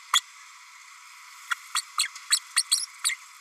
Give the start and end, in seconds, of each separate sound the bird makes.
0.13-0.20, 1.50-1.54, 1.74-1.81, 1.99-2.08, 2.30-2.39, 2.56-2.63, 2.71-2.85, 3.04-3.16